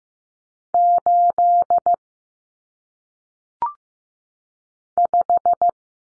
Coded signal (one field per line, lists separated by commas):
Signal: Morse code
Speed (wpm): 15 wpm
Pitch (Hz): 700 Hz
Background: none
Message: 8 5